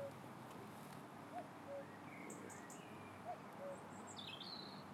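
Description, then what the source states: Cuckoo calling a soft, low two-note cu-coo with the second note falling, twice about two seconds apart, while other birds chirp and whistle higher up. Cuckoo calling in an orchard.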